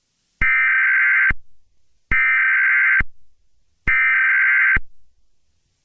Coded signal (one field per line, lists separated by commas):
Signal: Emergency Alert System (SAME) tones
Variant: header bursts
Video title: Northwest Arkansas Morning Nightmare - An EAS Scenario